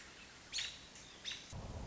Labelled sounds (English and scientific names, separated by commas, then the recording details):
American Robin (Turdus migratorius)
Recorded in Sonoma County, California